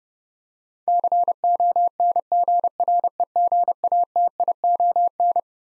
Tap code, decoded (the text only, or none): none